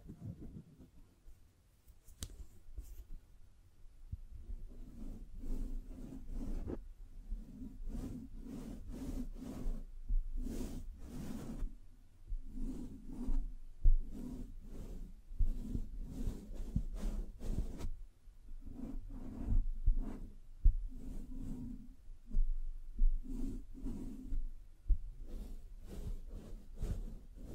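Rhythmic scratching and tracing strokes repeat steadily after a quiet start, each a soft low rasp with brighter edges, plus occasional sharp taps.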